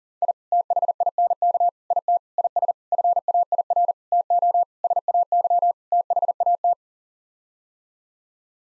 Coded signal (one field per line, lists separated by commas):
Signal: Morse code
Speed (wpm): 40 wpm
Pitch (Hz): 700 Hz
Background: none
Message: I THINK IT IS FAIR TO SAY THAT